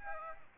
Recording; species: mosquito wingbeat signal from an infrared sensor; Aedes aegypti